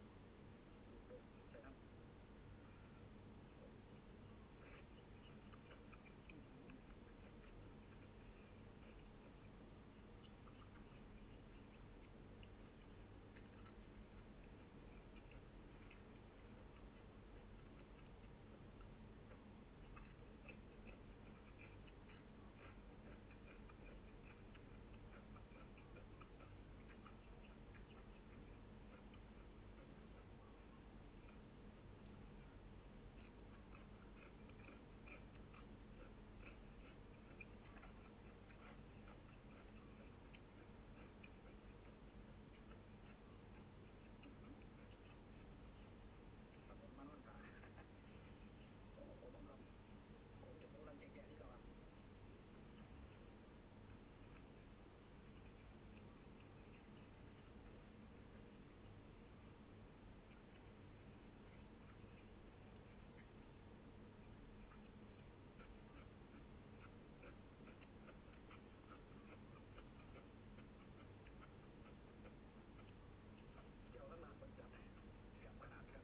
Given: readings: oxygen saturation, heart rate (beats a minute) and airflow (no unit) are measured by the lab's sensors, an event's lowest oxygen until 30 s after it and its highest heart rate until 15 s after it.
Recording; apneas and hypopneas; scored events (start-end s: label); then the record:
a person awake in a sleep study, by a voice recorder at the bedside; none
0.00-76.04 s: awake
From the record:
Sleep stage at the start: awake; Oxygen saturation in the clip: 94 to 95%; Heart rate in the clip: 72 to 78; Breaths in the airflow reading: 18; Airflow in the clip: -3.2 to 4.3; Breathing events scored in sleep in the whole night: 131 in 7.2 hours asleep